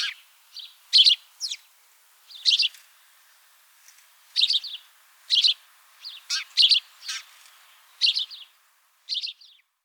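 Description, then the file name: House sparrow chirping, a run of bright chirps and short doubled notes spaced unevenly. "Passer domesticus"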